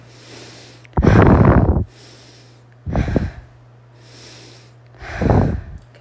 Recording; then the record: deep breathing after running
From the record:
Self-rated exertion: light exertion (2 of 6); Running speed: 5 miles an hour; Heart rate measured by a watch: 82 beats a minute at the start, 84 at the end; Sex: female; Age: 30 years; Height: 160 cm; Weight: 51 kg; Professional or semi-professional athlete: no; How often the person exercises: 3 to 5 times a week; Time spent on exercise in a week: over 5 hours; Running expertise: no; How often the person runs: 3 to 5 times a week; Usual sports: running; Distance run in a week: 60 km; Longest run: 42 km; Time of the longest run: 267 minutes